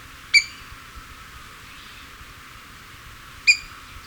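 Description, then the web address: Southern yellow grosbeak giving two sharp, bright call notes about three seconds apart, with a soft hiss between them. Recorded in Ecuador. "Birds of Ecuador Southern Yellow Grosbeak"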